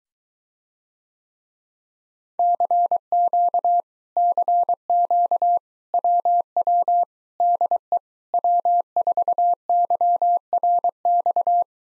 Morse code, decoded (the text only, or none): CQ CQ WW DE W4YRX